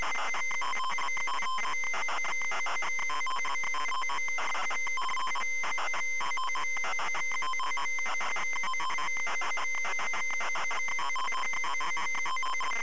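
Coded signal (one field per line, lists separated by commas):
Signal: ZX Spectrum tape loading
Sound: harsh, rapidly switching buzzy data tones warbling between low and high pitches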